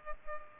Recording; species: mosquito wingbeat signal from an infrared sensor; Culex pipiens